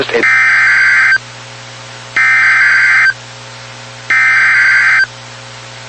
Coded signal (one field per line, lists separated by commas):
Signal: Emergency Alert System (SAME) tones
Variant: header bursts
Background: speech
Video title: EAS Winter Storm Warning/Lake Effect Snow Warning Niagra Frontier, New York NOAA Weather Radio